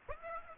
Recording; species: mosquito wingbeat signal from an infrared sensor; Aedes aegypti